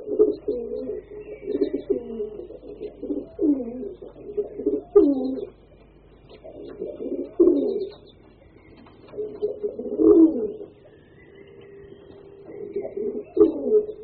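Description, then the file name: Domestic pigeon cooing: low, throaty rolling coos in bursts, with short pauses between sequences. "Holub-domácí"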